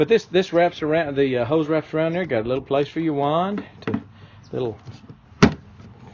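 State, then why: Seated. Someone talks about a spray wand and its hose, which wraps around an ATV sprayer tank. The spray wand is then pushed into a small plastic holder clip on the tank, and it seats with a sharp click at 5.4 s.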